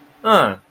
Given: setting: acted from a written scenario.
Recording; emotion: vocal sound without words; confusion